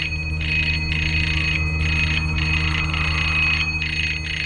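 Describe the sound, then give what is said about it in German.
A doorbell, heard over walkie-talkies, rings over and over in short, insistent bursts as a man works the bell, a bright metallic tone pulsing in a steady rhythm over a constant low electrical hum, with no voices. “Hörten wir ihn über unsere Walkie-Talkies die Klingel bearbeiten.”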